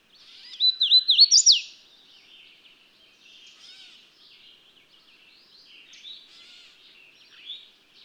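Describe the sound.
Bird song opens with one loud phrase of looping whistles ending in a steep downslur, followed by several seconds of faint, scattered twittering.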